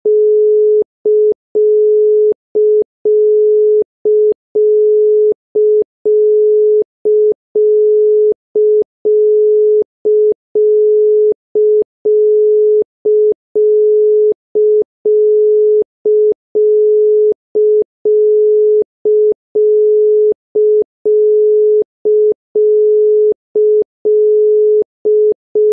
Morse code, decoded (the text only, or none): none